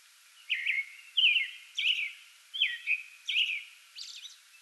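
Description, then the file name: American robin song: five quick whistled, slurred phrases, followed by a faint high squeak at the end. Singing before dawn from a small tree in a front yard, 8 May 2022. "2022-05-08 American Robin pre-dawn singing from small tree in front yard"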